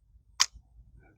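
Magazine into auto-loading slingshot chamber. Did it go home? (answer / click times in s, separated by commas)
yes / 0.4 s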